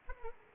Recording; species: mosquito wingbeat signal from an infrared sensor; Aedes aegypti